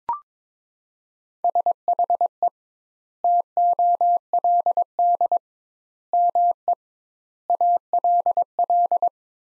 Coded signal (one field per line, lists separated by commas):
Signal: Morse code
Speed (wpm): 22 wpm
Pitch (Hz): 700 Hz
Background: none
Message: SHE TOLD ME ALL